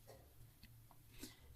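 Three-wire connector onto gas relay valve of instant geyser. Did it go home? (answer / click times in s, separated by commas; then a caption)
no / none. The three-wire connector grip from an instant geyser's ignition kit is being pushed onto the gas relay valve terminal, where a raised notch on the valve will catch inside the plastic grip and lock it so it cannot be pulled off. Over a low background hum, faint handling sounds include short sharp ticks at about 0.6 s and 0.9 s and a brief louder rustle near 1.2 s. Nothing has seated or locked yet.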